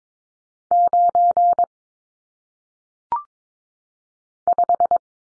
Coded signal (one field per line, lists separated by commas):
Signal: Morse code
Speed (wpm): 22 wpm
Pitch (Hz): 700 Hz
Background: none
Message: 9 5